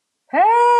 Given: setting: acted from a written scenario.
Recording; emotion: vocal sound without words; elation